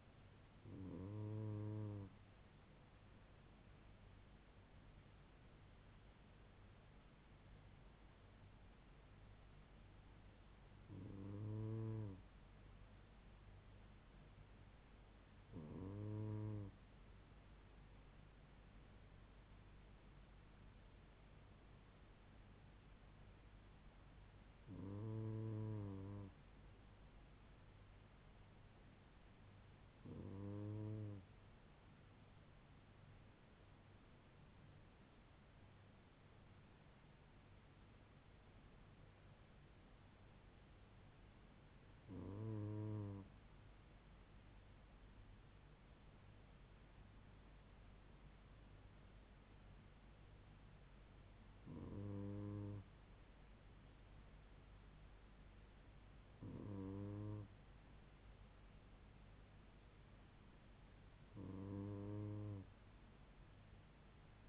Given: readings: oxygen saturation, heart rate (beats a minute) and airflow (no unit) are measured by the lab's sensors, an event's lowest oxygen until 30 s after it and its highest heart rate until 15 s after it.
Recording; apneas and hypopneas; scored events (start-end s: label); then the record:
breathing in sleep by a voice recorder at the bedside; none
none scored
From the record:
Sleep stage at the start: N2 (light sleep); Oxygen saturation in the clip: 96 to 97%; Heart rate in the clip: 69 to 78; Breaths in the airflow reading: 14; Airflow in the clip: -3.4 to 2.5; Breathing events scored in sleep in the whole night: 158 in 7.3 hours asleep